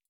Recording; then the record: hydrophone in a shrimp aquaculture tank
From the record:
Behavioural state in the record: stressed